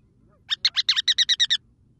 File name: Ruddy Turnstone